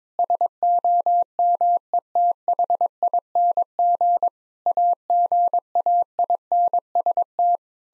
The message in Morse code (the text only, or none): SOMETHING AGAINST